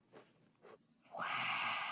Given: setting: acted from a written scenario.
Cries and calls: vocal sound without words; awe

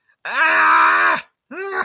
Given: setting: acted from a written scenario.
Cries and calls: vocal sound without words; distress

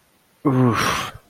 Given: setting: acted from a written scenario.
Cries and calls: vocal sound without words; embarrassment

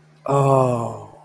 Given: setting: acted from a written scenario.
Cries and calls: vocal sound without words; desire

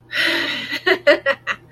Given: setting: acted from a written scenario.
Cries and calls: vocal sound without words; pride

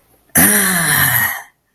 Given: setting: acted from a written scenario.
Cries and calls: vocal sound without words; triumph

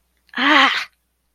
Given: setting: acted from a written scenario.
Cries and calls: vocal sound without words; pain

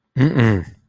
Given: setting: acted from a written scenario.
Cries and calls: vocal sound without words; contempt

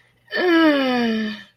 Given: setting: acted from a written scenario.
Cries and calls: vocal sound without words; embarrassment

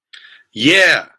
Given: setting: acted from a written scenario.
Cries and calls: vocal sound without words; triumph

